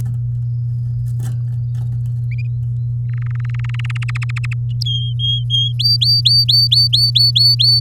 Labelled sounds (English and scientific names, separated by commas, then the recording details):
Domestic Canary (Serinus canaria) song
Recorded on 8 May 2018 at 10:32
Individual llb16